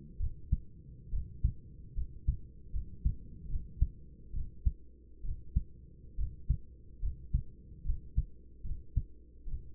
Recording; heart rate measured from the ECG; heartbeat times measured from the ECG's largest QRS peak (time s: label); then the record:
heart sounds by stethoscope; 71 bpm
0.20 s: heartbeat
1.12 s: heartbeat
1.96 s: heartbeat
2.73 s: heartbeat
3.49 s: heartbeat
4.33 s: heartbeat
5.24 s: heartbeat
6.18 s: heartbeat
7.02 s: heartbeat
7.85 s: heartbeat
8.64 s: heartbeat
9.47 s: heartbeat
From the record:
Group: healthy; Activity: rest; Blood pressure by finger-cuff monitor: 127/71 mmHg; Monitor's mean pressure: 92 mmHg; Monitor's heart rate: 70 bpm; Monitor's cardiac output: 7.9 L/min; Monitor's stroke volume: 112 mL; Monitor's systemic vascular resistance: 860 dyn s/cm5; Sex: male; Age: 24 years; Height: 184 cm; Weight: 89 kg